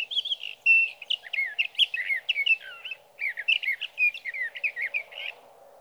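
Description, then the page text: Sage thrasher song of hurried, varied warbled phrases with a short break midway, over a steady low hum in the background. Male at his night roost in Sierra Valley, California, singing through the night from the evening of June 12 to the morning of June 15, 2018; night songs, recorded with a Swift recorder. "Birdsong for the Curious Naturalist: Explore #7. 61. Sage thrasher songs, through the night"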